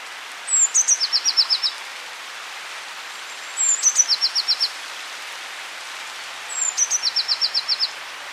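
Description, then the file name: Eurasian blue tit repeating its song three times, roughly every three seconds: a high piercing whistle with ticks, then a fast descending-note trill. "Cyanistes caeruleus"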